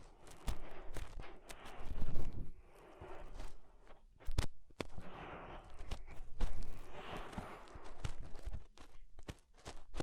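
Fingers rub and scrape inside an ear, making muffled rustling and scratching that comes in uneven bursts. Sharp clicks and pops break through every second or so, with brief quiet gaps near four and nine seconds.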